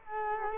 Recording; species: mosquito wingbeat signal from an infrared sensor; Culex quinquefasciatus